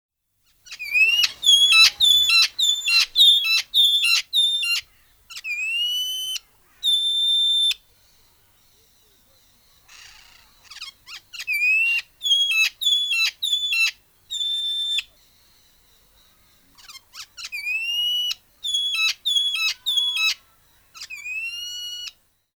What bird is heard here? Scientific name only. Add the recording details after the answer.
Deroptyus accipitrinus. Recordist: Tembrock, Günter. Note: Rufe